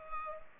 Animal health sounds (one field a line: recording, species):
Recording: mosquito wingbeat signal from an infrared sensor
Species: Culex pipiens